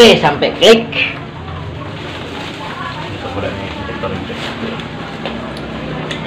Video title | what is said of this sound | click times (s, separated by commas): VARIO 125/15O FI DIKONTAK SEKRING 25A PUTUS | klik satu lagi Oke | 5.2 s, 6.1 s